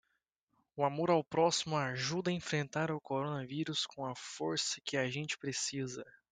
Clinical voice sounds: spoken sentence; Brazilian Portuguese; male; 20 to 29 years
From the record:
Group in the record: control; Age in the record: 23 years

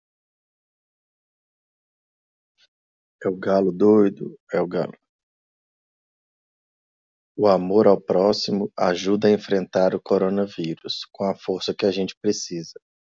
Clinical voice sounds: spoken sentence; Brazilian Portuguese; male; 30 to 39 years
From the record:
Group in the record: control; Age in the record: 34 years

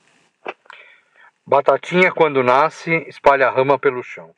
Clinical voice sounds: short text; Brazilian Portuguese; male; 40 to 49 years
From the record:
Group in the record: control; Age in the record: 47 years

